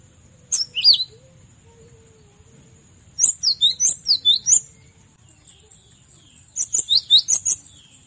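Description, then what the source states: Cinereous tit singing bright, high, sharply descending double notes, delivered in three separated bouts, the middle one a run of about six quick phrases, with a steady high whine throughout. Used as masteran training audio for captive songbirds.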